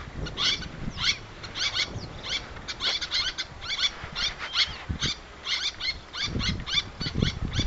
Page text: Albert Lastukhin - Малая крачка (Sterna albifrons)